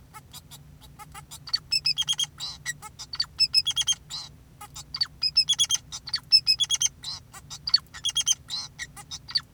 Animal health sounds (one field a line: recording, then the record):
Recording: song of a male Bengalese finch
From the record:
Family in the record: son of father 2, and himself father 4